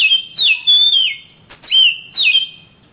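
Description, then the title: Oriental magpie-robin singing rich, high whistled notes that drop sharply, repeated in short bursts with brief gaps. Oriental magpie-robin (kacer) song from Kalimantan and Sumatra birds, described as champion-grade and gacor, meaning singing vigorously and continuously. "Kicau Kacer Juara Master Kalimantan Sumatra Gacor"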